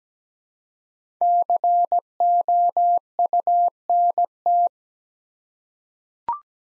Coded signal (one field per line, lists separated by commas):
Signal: Morse code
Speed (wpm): 17 wpm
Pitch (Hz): 700 Hz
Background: none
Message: COUNT